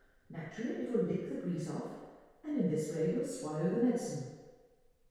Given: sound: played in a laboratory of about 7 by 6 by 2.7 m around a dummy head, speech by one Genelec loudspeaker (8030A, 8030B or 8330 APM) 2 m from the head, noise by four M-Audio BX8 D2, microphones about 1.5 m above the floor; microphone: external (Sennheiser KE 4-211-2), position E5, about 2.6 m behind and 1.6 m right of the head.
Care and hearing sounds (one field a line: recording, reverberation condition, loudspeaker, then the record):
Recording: female speech in English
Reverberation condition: high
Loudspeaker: 120 degrees to the right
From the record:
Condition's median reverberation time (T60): about 1300 ms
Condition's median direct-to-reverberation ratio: about -4.0 dB